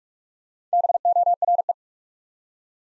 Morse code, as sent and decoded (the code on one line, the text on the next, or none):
-... --- .-. .
BORE